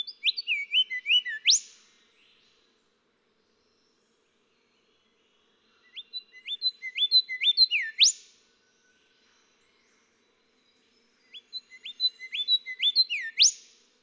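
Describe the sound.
Golden whistler song repeated three times, each phrase a quick series of rising whistled notes finishing with a loud whipcrack.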